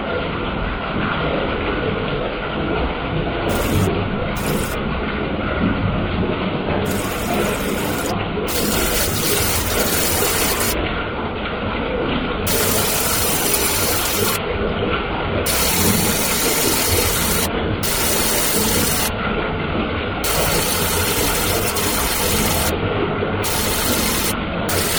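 Bath water runs in a steady, dense rush with a constant low roar, its bright hiss flaring up and dropping back every few seconds.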